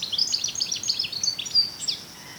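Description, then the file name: European goldfinch twittering, a rapid run of bright, high tinkling chirps and liquid notes for about two seconds, then fading. "Carduelis carduelis"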